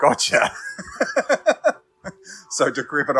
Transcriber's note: subject laughs